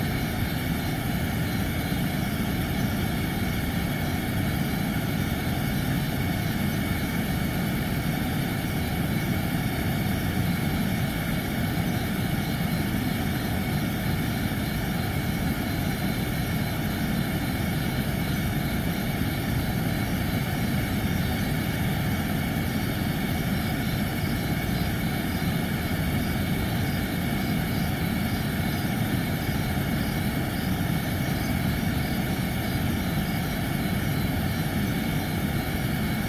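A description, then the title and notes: Steady white noise plays without a break, heavy in the low end like the muffled roar of an engine or aircraft cabin. The level never rises or falls, and faint constant hums ride above the rumble throughout. Night Sleep Sounds White Noise.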